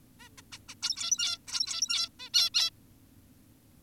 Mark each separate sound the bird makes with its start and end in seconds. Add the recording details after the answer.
0.20-0.29, 0.38-0.42, 0.52-0.59, 0.69-0.75, 0.83-1.38, 1.48-2.09, 2.20-2.30, 2.34-2.50, 2.54-2.70. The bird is an adult. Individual g17y2U